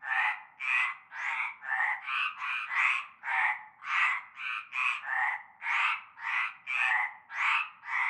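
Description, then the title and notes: Frogs croaking in a busy chorus, short grating calls in a fast, uneven rhythm. Chorus heard from nightfall in a large concrete basin holding stagnant greenish water, Avenue Cante Coucou, La Ciotat, Bouches-du-Rhône, Provence, France. "Avenue Cante Coucou, Groupède, La Ciotat, Marseille, Bouches-du-Rhône, Provence-Alpes-Côte d'Azur, France métropolitaine, 13600, France - cœur de grenouilles. Une grande vasque en béton, un fond d'eau verdâtre croupissant. et un cœur de grenouilles dès la nuit tombée"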